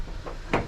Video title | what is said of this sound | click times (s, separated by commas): Rv Walkthrough - 2021 Grand Design Solitude S-Class 3740 BH-R 40ft - Family of Five | Once you hear the click, it's secure. | 0.5 s